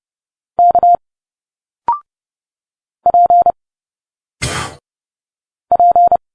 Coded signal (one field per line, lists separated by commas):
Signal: Morse code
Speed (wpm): 30 wpm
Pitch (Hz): 700 Hz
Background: none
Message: K P P